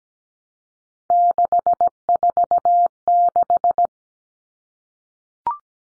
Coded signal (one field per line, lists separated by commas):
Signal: Morse code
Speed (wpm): 17 wpm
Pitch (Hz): 700 Hz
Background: none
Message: 646